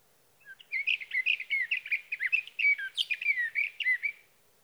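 Sage thrasher song, a long unbroken run of quick warbled and slurred notes lasting nearly four seconds.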